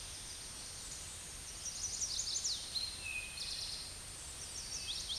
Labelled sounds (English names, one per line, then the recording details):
Eastern Towhee song
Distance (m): 25 m
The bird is about 5 m above the microphone
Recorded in a Pennsylvania forest on 16 May 2024 at 08:23
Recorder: AudioMoth, point MSD-2494
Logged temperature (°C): 15.6 °C
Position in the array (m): 170 m, 190 m